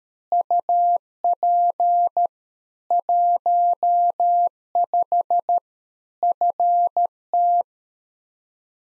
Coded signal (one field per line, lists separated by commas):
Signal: Morse code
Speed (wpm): 13 wpm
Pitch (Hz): 700 Hz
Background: none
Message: UP 15 FT